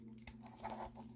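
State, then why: Not seated. A small plastic plug on a Transformers Cybertron Skywarp/Thundercracker transforming robot toy is handled and pushed toward the little hole in its arm, with soft scratching and light plastic taps at about 0.2, 0.3 and 0.5 s. Nothing has seated or clicked yet.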